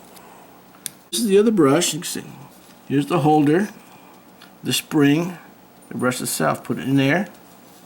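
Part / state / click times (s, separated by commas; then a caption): carbon brush and spring into sewing machine motor brush holder / not seated / none. Someone talks while handling a carbon brush and its spring, about to push them into the brush holder of a Singer 301 sewing machine motor. Brief handling ticks occur around 0.9 s and 4.4 s between stretches of speech. Nothing has seated or clicked yet.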